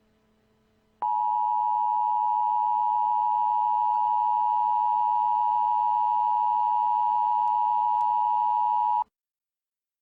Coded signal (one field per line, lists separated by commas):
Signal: Emergency Alert System (SAME) tones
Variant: 853 and 960 Hz attention tone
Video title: EAS Tornado